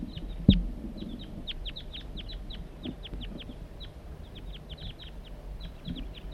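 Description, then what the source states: Crossbill calling steadily, a long series of brisk, high chip notes, some in pairs, over faint low background noise. Wild male circling in flight, giving calls; recorded on a hilltop.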